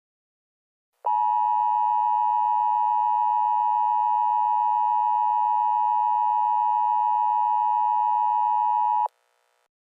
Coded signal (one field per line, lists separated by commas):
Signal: Emergency Alert System (SAME) tones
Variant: 853 and 960 Hz attention tone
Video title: EAS Scenario - The Biggest Blizzard In History